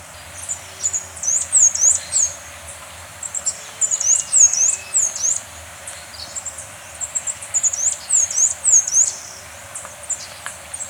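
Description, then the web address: Capped conebill calling in bursts of sharp, very high, down-then-up slurred notes, several quick phrases separated by brief pauses. Recorded in Ecuador. "Natures Songs S America Birds of Ecuador. Capped Conebill"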